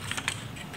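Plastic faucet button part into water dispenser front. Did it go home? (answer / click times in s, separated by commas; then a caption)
no / none. A plastic faucet button part is handled against the front of a MITO MD 666 water dispenser, with its left and right edge clips lined up to be pressed into their holes. Light tapping and handling sounds are heard, with brief knocks at about 0.1, 0.2 and 0.3 seconds. Nothing has seated or clicked yet.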